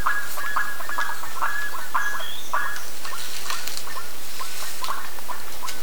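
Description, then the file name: Bird calls as scattered short nasal notes, a cluster early then fading, over a noisy hiss-filled background with a brief thin whistle. "SABIOD 50 bird 2015"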